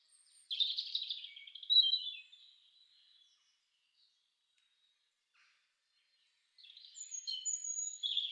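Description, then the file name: European robin song in two high, liquid phrases of sliding whistles and trills, separated by several seconds of quiet. "roodborst"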